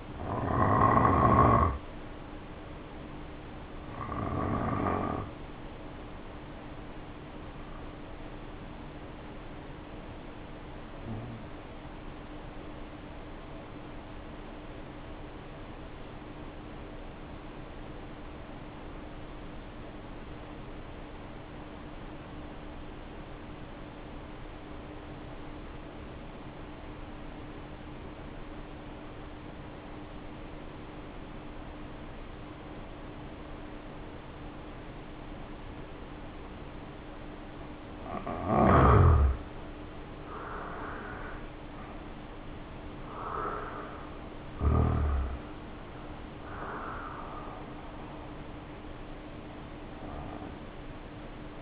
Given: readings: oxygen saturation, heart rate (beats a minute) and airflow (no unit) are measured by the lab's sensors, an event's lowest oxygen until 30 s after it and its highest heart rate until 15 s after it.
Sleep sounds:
breathing in sleep by a voice recorder at the bedside; 1
11.00-37.30 s: obstructive apnea (N2, oxygen 94% highest, then 73% lowest, heart rate 49 at the start, 69 highest)
36.00-51.62 s: new sleep stage, N1 (lightest sleep)
From the record:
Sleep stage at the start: N2 (light sleep); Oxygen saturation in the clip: 76 to 94%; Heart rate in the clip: 48 to 69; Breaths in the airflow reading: 8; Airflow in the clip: -3.0 to 4.1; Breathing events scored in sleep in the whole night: 520 in 7.2 hours asleep

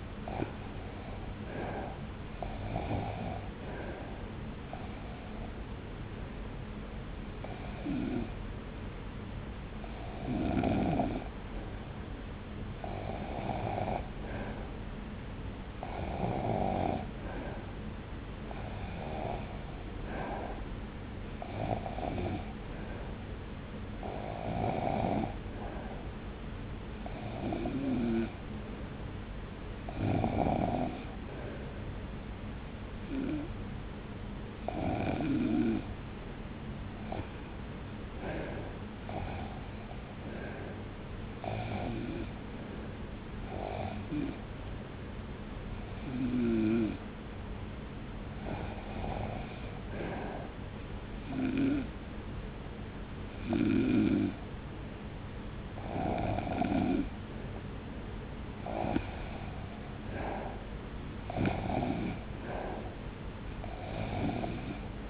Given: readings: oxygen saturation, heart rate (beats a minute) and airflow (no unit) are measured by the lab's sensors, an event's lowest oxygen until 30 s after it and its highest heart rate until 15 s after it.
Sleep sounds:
breathing in sleep by a voice recorder at the bedside; 1
44.00-59.00 s: hypopnea (REM, oxygen 91% highest, then 88% lowest)
From the record:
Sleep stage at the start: REM sleep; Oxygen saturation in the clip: 82 to 91%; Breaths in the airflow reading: 24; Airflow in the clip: -0.8 to 2.1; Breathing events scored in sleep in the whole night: 335 in 6.7 hours asleep

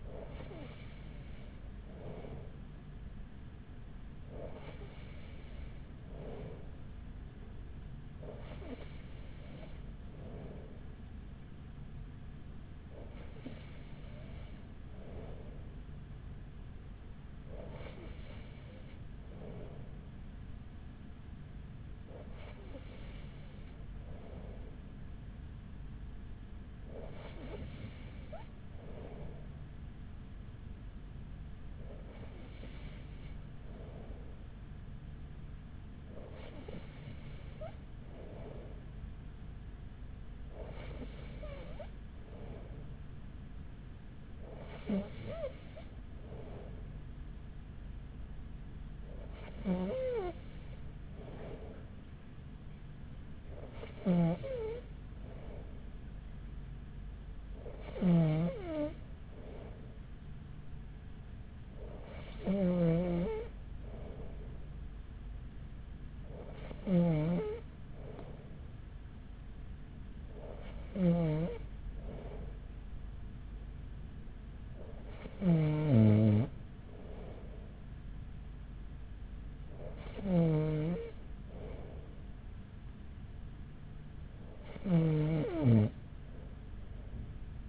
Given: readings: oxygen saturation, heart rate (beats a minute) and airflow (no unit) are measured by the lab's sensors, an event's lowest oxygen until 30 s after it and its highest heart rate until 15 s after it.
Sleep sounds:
breathing in sleep by a smartphone at the bedside; none
75.00-87.69 s: new sleep stage, N2 (light sleep)
From the record:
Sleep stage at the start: N3 (deep sleep); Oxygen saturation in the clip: 94%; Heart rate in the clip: 41 to 45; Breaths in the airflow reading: 20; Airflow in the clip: -5.2 to 4.8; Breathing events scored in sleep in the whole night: 207 in 7.6 hours asleep

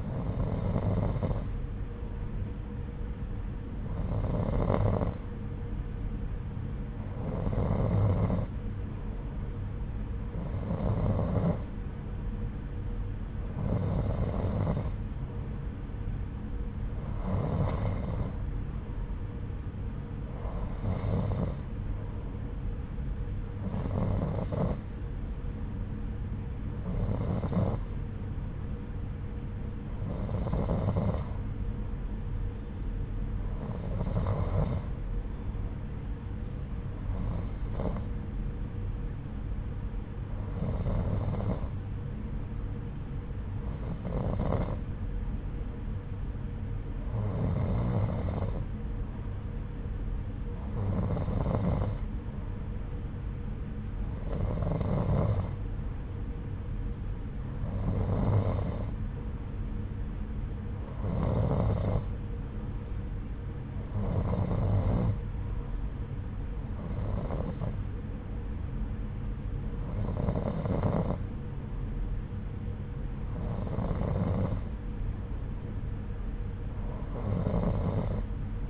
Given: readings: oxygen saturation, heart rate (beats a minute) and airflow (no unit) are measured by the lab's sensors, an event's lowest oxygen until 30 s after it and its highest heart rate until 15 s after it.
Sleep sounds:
breathing in sleep by a smartphone at the bedside; none
none scored
From the record:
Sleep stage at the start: N2 (light sleep); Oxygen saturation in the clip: 89 to 91%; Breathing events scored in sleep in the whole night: 303 in 8.1 hours asleep

